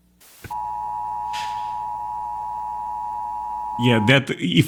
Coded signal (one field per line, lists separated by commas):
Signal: Emergency Alert System (SAME) tones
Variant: 853 and 960 Hz attention tone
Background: speech